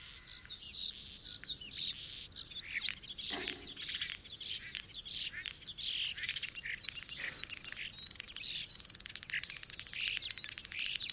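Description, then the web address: Bird chattering continuously with high, squeaky chirps and thin whistles packed closely together, with some notes rising and others falling. "Deverinetal 2025. Bird Only"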